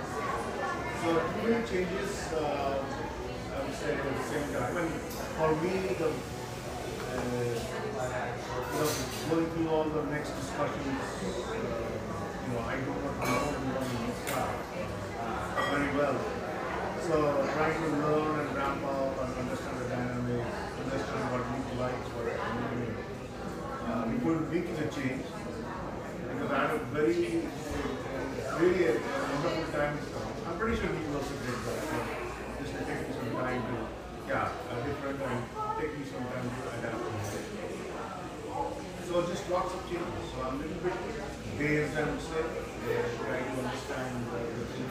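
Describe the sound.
A neighborhood espresso shop in Portland, Oregon, filled with steady overlapping chatter of many voices, occasional clinks, and a low constant hum.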